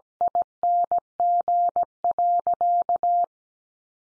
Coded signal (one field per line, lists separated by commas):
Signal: Morse code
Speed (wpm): 17 wpm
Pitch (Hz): 700 Hz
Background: none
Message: ING.